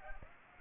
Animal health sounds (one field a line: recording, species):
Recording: mosquito wingbeat signal from an infrared sensor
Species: Aedes aegypti